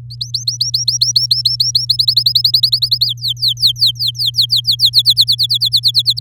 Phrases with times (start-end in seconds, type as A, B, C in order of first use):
0.10-1.85 A, 1.89-3.06 B, 3.06-4.90 C, 4.93-6.19 D